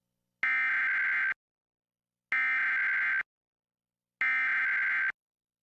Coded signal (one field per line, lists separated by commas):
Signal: Emergency Alert System (SAME) tones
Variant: header bursts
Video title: Fire Warnings for Imperial, CA (EAS #1428-#1429)